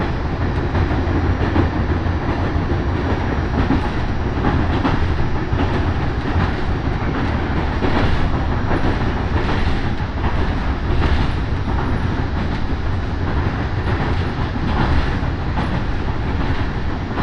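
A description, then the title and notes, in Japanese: A train rolling steadily. A dense, heavy low rumble holds constant for the whole stretch, overlaid with quick rattles and faint clicking of the wheels, with no pauses or distinct events. 養老鉄道 揖斐→大垣→養老。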